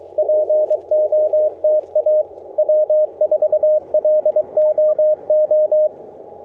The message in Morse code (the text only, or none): POTA W4LOO